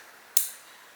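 An 18k gold Tiffany & Co. Tiffany T Narrow hinged bangle, worn on the wrist, is squeezed closed. Its hidden clip latches shut with a single sharp, bright click at 0.4 s that fades over a short tail. The clasp is securely closed, with no talk in the clip.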